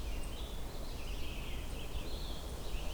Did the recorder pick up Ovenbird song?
no